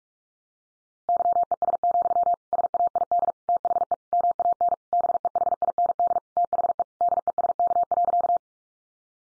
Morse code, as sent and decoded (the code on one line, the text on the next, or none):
-.-- . ... --..-- / ... .- .. -.. / - .... . / -- .- -. / -... . .... .. -. -.. / - .... . / -.. . ... -.- .-.-.-
YES, SAID THE MAN BEHIND THE DESK.